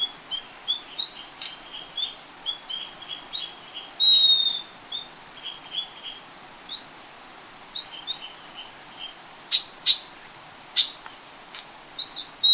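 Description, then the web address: Yellow-collared chlorophonia calls: clear, high whistled notes, some level and some slurred, mixed with quick chirps and short twittering notes throughout, with a brief louder burst near four seconds. Recorded in Ecuador, South America. "Natures Songs S America Birds of Ecuador Yellow-collared Chlorophonia"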